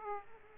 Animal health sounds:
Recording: mosquito wingbeat signal from an infrared sensor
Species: Aedes aegypti

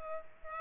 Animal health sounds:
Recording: mosquito wingbeat signal from an infrared sensor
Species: Culex pipiens

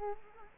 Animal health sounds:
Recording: mosquito wingbeat signal from an infrared sensor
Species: Culex quinquefasciatus

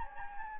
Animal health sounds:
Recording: mosquito wingbeat signal from an infrared sensor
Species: Anopheles gambiae

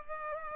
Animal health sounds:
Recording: mosquito wingbeat signal from an infrared sensor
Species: Culex pipiens

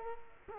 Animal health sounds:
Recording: mosquito wingbeat signal from an infrared sensor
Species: Culex quinquefasciatus

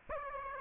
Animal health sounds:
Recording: mosquito wingbeat signal from an infrared sensor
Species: Aedes aegypti

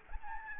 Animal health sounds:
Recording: mosquito wingbeat signal from an infrared sensor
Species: Aedes albopictus

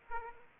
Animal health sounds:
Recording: mosquito wingbeat signal from an infrared sensor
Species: Aedes aegypti

